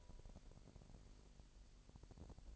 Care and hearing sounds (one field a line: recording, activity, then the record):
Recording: daily activity, microphone in the room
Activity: take from stove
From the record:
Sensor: 5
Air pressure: 1002.1 hPa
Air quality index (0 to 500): 276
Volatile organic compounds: 17 ppm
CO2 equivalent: 2589 ppm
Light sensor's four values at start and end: 19/42/18/20 and 19/42/18/21